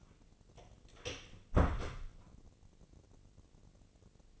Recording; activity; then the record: daily activity, microphone in the room; close door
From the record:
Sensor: 4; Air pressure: 1013.3 hPa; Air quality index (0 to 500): 179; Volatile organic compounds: 2 ppm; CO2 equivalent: 1124 ppm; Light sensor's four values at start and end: 103/258/107/113 and 76/184/78/79